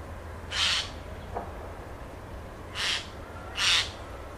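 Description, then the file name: Eurasian jay giving three harsh, rasping screeches: one near the start, then two close together about a second apart, over a low steady background rumble. "Garrulus glandarius"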